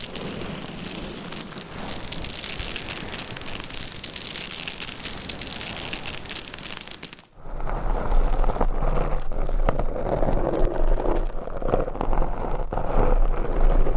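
Long nails scratch across a binaural microphone in a dense, steady rasp for about seven seconds, bright and hissy. After a brief silent break the scratching returns heavier and rougher, with a low rumble and irregular sharp scrapes and knocks.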